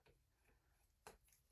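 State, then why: Seated. On the older Nanit Pro floor stand, after the sections are twisted together, the final top piece is pushed into the twist-together stand. It pops into place with a short, sharp tick at 1.1 s, and the piece is seated.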